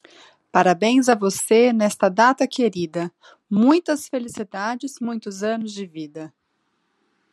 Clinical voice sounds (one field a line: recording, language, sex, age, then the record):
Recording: short text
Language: Brazilian Portuguese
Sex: female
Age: 30 to 39 years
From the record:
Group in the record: control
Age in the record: 38 years